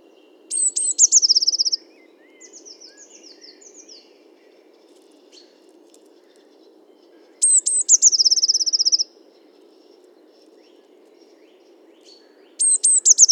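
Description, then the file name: Eurasian blue tit repeating its song, high thin notes running into a quick trill, with softer twittering notes between the first two phrases. "Cyanistes caeruleus 311018"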